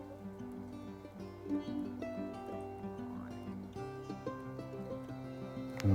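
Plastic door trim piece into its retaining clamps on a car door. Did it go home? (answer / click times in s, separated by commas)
yes / 5.8 s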